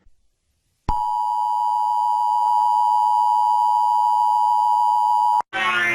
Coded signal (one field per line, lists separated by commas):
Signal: Emergency Alert System (SAME) tones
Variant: 853 and 960 Hz attention tone